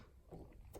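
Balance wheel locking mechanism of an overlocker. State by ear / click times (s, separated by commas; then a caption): seated / 0.8 s. Someone turns the balance wheel on the right-hand side of a Juki MO-2000 QVP overlocker towards themselves until the machine's mechanism locks into place for air threading. A low, steady rumble runs under the clip, then a short, definite click sounds at 0.8 s. The wheel is locked and won't move at all, so the machine is ready for air threading.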